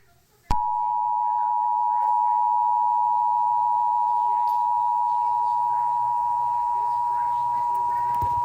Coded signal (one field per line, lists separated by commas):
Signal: Emergency Alert System (SAME) tones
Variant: 853 and 960 Hz attention tone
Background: speech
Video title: Eas scenario Blood moon: red cloud rain